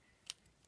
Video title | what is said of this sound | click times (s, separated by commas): Soudout Review - Kamen Rider Gaim ACPB06 Kamen Rider Ryugen Yomi Yomotsu Heguri Arms | black paint usage here just clicks into place like that and the | 0.3 s